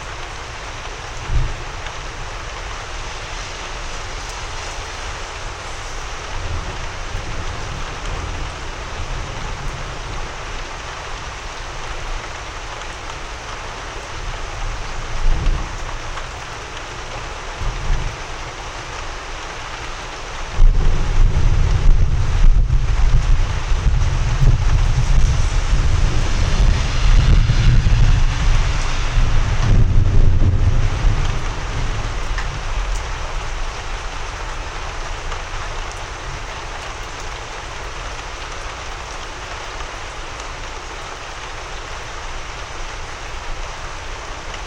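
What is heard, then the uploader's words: A thunderstorm with steady rain hissing throughout. A few soft low thumps come early and around 15 to 18 seconds, then a long deep rumble of thunder rolls in at about 21 seconds, swelling and grinding until around 31 seconds before easing back into rain. Slow rolling thunderstorm in the East Texas region. Texas Thunderstorm.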